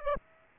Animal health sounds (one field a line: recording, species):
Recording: mosquito wingbeat signal from an infrared sensor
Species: Aedes aegypti